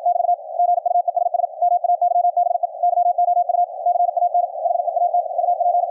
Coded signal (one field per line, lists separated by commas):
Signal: Morse code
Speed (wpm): 53 wpm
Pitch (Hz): 700 Hz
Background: radio noise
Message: <BT> GUESS MAYBE YOU CAN HEAT UP